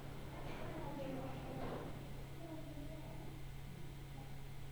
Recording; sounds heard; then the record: poultry house recording; no chicken sound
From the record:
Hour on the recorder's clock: 14